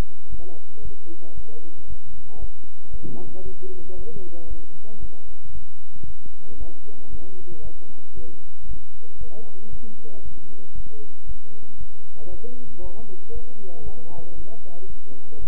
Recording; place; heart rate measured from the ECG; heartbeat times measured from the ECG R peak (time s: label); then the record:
heart sounds by stethoscope; between the tricuspid and mitral areas; 115 bpm
0.30 s: heartbeat
0.83 s: heartbeat
1.35 s: heartbeat
1.88 s: heartbeat
2.40 s: heartbeat
2.91 s: heartbeat
3.44 s: heartbeat
3.96 s: heartbeat
4.48 s: heartbeat
5.00 s: heartbeat
5.53 s: heartbeat
6.06 s: heartbeat
6.58 s: heartbeat
7.10 s: heartbeat
7.63 s: heartbeat
8.15 s: heartbeat
8.67 s: heartbeat
9.19 s: heartbeat
9.71 s: heartbeat
10.23 s: heartbeat
10.75 s: heartbeat
11.27 s: heartbeat
11.78 s: heartbeat
12.30 s: heartbeat
12.82 s: heartbeat
13.33 s: heartbeat
13.84 s: heartbeat
14.36 s: heartbeat
14.88 s: heartbeat
15.40 s: heartbeat
From the record:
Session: bicycle stress test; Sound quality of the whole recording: good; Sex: male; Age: 23 years